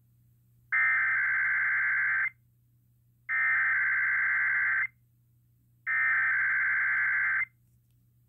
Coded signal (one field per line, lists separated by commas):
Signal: Emergency Alert System (SAME) tones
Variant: header bursts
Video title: (EAS #492) Required weekly test on KDKA-AM 11/6/2022